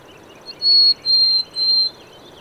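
Bird song made of three sustained, piercing whistled notes at one high pitch, separated by brief gaps, with soft background noise.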